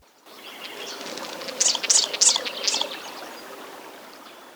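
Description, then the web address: Subtropical doradito giving four brief, very high, buzzy notes in quick succession, over a steady rush of running water. Ecuador. "Birds of Ecuador 3-01 Subtropical Doradito"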